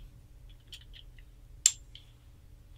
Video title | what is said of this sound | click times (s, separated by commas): Platinum Tools New ezEX-RJ45™ Termination System. | It's designed so that when you take the connector and you push it in, hear that click? I'll do it again. | 1.7 s